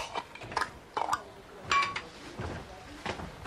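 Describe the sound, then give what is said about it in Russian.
A can of peas being opened by a man in a kitchen: a series of light metallic clinks and scrapes, with one brighter ringing clink midway, then softer rustling handling sounds, fairly quiet overall. “Открывает банку с горошком.”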